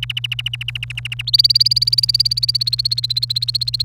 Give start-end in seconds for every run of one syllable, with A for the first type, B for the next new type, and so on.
0.02-1.22 A, 1.27-3.82 B